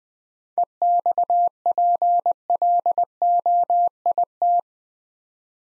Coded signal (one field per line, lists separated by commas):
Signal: Morse code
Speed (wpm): 20 wpm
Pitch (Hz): 700 Hz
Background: none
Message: EXPLOIT